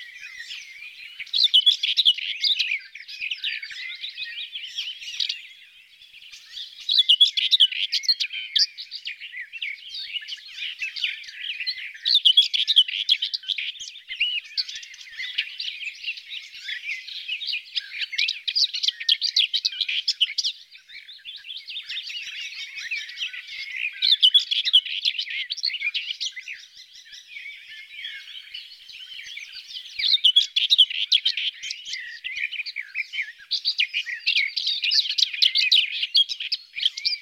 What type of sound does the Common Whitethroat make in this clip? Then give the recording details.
song. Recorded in the wild. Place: Ahlenmoor, Schleswig-Holstein, DE. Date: 1982-05-31. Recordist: Schwarz, Dieter. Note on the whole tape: Song